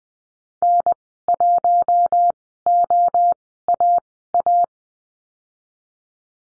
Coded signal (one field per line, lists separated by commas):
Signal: Morse code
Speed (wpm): 20 wpm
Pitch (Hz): 700 Hz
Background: none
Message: N1OAA